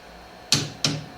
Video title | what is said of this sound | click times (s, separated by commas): Lemond Revmaster Bottom Bracket Spindle Part Two | clicking lets you know that the torque has been achieved that the wrench is set too | 0.5 s, 0.9 s